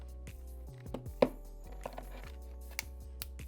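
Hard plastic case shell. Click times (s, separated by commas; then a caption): 1.2 s, 2.8 s, 3.2 s. The top half of a hard plastic inner shell from an Otterbox Defender Pro case is pressed onto the bottom half around a Samsung Galaxy S22 Ultra smartphone, over steady background music. Sharp snaps ring out at 1.2, 2.8 and 3.2 seconds as the shell and its little button covers click in place. The case is seated around the phone.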